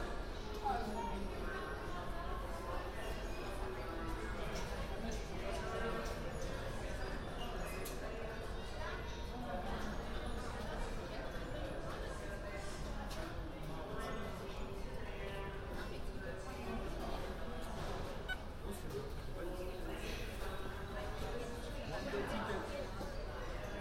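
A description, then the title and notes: A walk around London on New Year's Eve: a dense, steady babble of many voices talking at once fills the whole recording. A constant low rumble sits underneath, and brief sharper sounds and scattered louder voices pop out now and then. A walk around London, new years eve.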